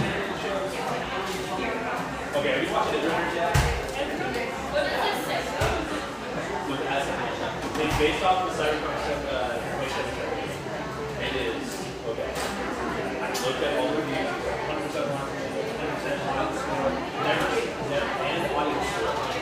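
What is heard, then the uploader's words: Many voices talk over one another in the Pearl District of Portland, Oregon, forming a thick, steady murmur of conversation with a man's voice now and then standing out. Sharp clicks and knocks cut through every few seconds, and the level stays even throughout. Pearl District, Portland, Oregon.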